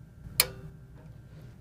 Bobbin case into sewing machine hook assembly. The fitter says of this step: the little Notch goes towards the top put it in and then listen for the click